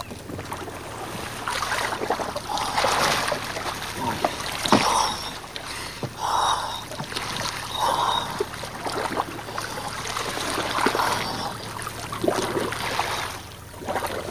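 A small boat moves across Antarctic sea water at -2 degrees, carrying researchers who check algae cultures and take samples, with a steady wash of water and wind noise and a few short, mid-pitched tonal swells rising and fading; no one speaks.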